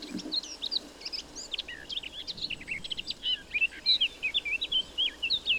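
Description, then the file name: Eurasian blackcap singing a busy, jumbled warble of quick high notes, turning into louder, clear whistled flourishes in the second half. "Sylvia atricapilla"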